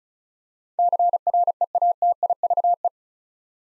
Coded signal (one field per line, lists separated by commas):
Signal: Morse code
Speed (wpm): 34 wpm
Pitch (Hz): 700 Hz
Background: none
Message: CREATIVE